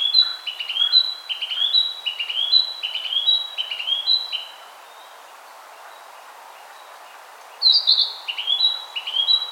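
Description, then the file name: Narcissus flycatcher song: a quick series of clear, stepped whistled notes repeated for about four seconds, a silent pause, then the phrase resumes. "Ficedula narcissina"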